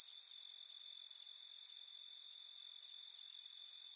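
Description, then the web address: Crickets trilling, a constant thin, high drone with no other clear sounds. Forest nature ambience with crickets and other insects. "SFXBible ambience-nature-forest-birds-crickets-insects"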